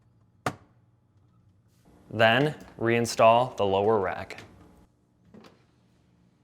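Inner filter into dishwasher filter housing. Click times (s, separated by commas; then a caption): 0.5 s. The inner plastic filter of an LG dishwasher filter assembly, part ADQ74693701, is turned clockwise in the dishwasher sump until it clicks back into place in the filter housing with a single sharp click at 0.5 s. Someone then talks, and a faint soft knock follows around 5.3–5.5 s. The filter is seated.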